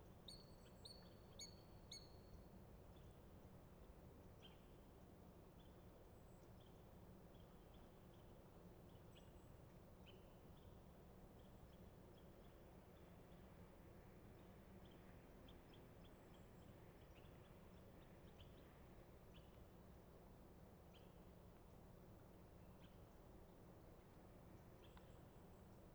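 Dawn at a lakeside refuge, with birds calling. A bright, quick run of high chirps comes in the first few seconds, then scattered, fainter calls sound throughout. A steady low rumble sits underneath the whole time, even and unchanging.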